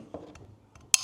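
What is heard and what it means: A metal retention clip for a Ford F-150 (2015–2026) skid plate is pushed over the edge of its mounting point, with a few faint scraping taps as it takes some effort. At 0.9 s it pops in with one sharp, loud snap and is seated.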